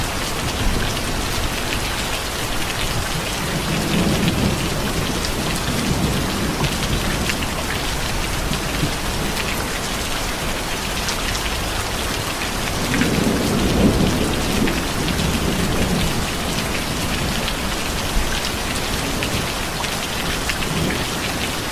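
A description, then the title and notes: Heavy rain falls steadily on a hard surface, a dense, even hiss of drops with bright crackly detail throughout. Low rumbles of thunder swell faintly around four seconds and more noticeably near thirteen to fifteen seconds, then fade back under the rain. Thunderstorm.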